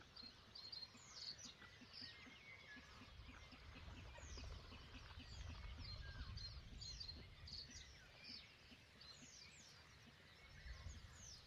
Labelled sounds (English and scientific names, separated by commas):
Great Bittern (Botaurus stellaris)